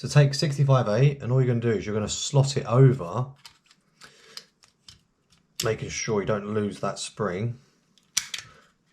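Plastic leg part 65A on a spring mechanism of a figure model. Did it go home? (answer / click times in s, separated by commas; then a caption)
yes / 8.2 s. Someone talks while slotting plastic leg part 65A of a figure model over a spring-loaded piece, holding it so the spring doesn't push out, and a few faint taps and clicks sound between the speech. At 8.2 s a single sharp click rings out as the part is pressed home and seats in place.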